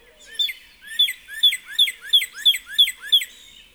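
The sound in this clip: Northern cardinal song: one steady series of eight loud, ringing whistles, each sliding sharply downward, repeated about three times per second.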